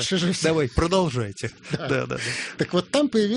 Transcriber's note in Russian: смеется